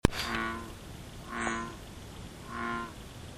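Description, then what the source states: Bullfrog croaking, three low calls roughly one second apart after a sharp click, with steady background hiss. Bullfrogs at Collins Pond.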